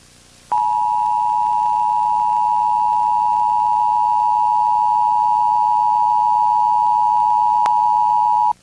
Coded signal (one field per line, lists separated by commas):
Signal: Emergency Alert System (SAME) tones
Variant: 853 and 960 Hz attention tone